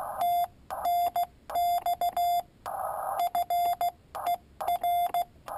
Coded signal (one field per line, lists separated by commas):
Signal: Morse code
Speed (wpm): 16 wpm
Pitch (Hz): 700 Hz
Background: none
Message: TNX FER